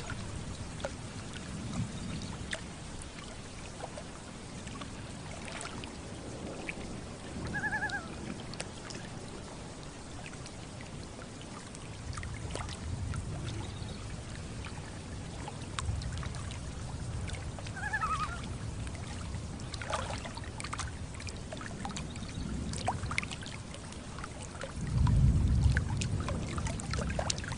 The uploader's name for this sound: Thunderstorm and Loons on Lake with Gentle Water Lapping